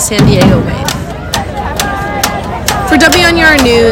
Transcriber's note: nat crowd sound